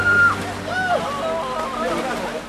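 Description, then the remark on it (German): Costumed people slide one by one into the Neisse River from the German riverbank, with steady sloshing and light splashing, while faint voices and a few high whistle-like tones carry over the churning water. “Nach und nach gleiten die Kostümierten ins Wasser.”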